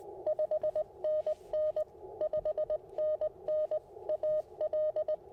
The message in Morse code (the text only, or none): 5NN 5NN AL